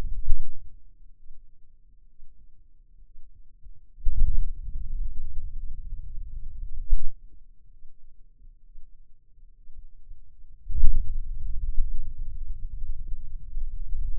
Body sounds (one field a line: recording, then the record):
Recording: forearm muscle sounds (acoustic myography)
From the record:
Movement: hand opening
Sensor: system 2, bracelet of six BSWA MPA416 microphones around the upper forearm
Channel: 5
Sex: male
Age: 22 years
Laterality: right